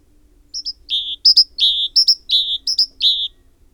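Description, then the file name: Great tit calling a steady sequence of paired clear high notes each followed by a longer lower note, the phrase repeated four times. "Parus major"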